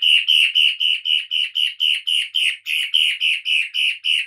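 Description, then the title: Long-tailed shrike producing a fast, even series of nasal notes, about three or four each second, steady in pitch throughout. "Lanius Schach Sun"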